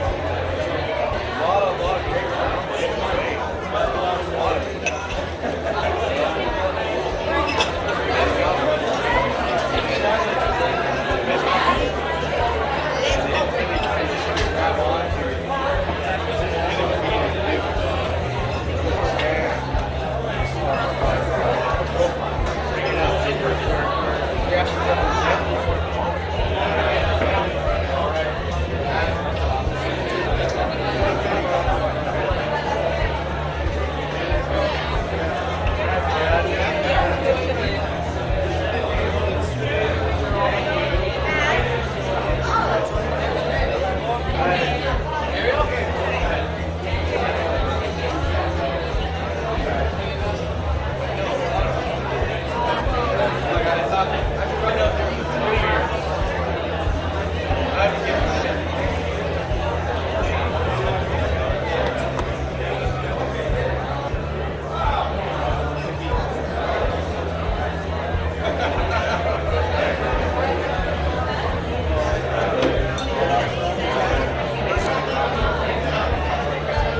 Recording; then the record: background sound without coughing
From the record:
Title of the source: CITY SOUNDS Busy Bar in the Evening Night - 2 HOURS of Ambiance for Relaxation